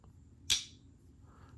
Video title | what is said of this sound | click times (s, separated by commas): Boker Cattle Knife Unboxing - Old school is still cool | nice snap just kind of like | 0.5 s